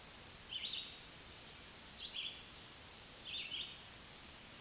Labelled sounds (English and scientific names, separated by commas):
Black-throated Green Warbler (Setophaga virens) song